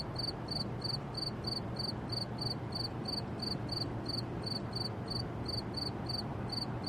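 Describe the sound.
Cricket chirps pulse evenly, roughly three per second, high-pitched and crisp, over a low steady rumble.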